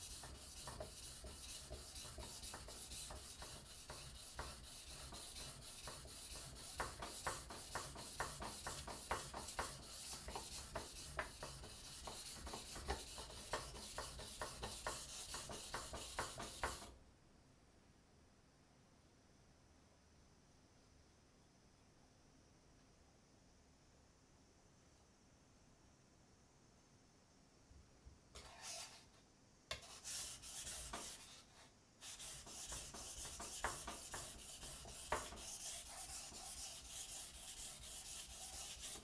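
A kitchen knife is sharpened with quick, regular rubbing strokes that form a dense, gritty rasp for the first seventeen seconds. The sound then stops for about ten seconds of near silence, with a few short strokes around thirty seconds, before steady sharpening resumes to the end.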